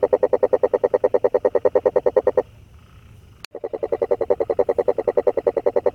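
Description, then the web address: Frog giving a rapid pulsed croaking trill, broken by a short silence and a click before resuming. Recorded 25 January 2022. "frog 20220125"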